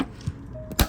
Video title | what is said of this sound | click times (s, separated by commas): APPLE BUTTER w/ Cinnamon, Allspice Ginger & Cloves slow cooker - Recipe from Chef Victoria Love | lock it into place, and now we're gonna set it for 10 hours. | 0.8 s